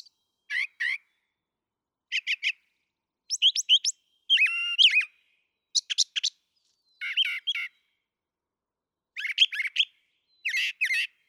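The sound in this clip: Brown thrasher song: short phrases of doubled or repeated notes, raspy chirps and whistled slurs, separated by pauses of varying length.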